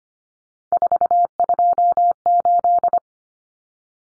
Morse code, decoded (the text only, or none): 428